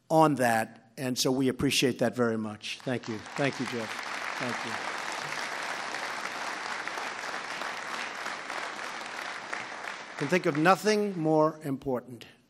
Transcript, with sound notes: on that, and so we appreciate that very much. Thank you. Thank you, Jeff. (Applause.) Thank you. I can think of nothing more important.